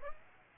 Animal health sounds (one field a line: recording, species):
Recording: mosquito wingbeat signal from an infrared sensor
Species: Aedes aegypti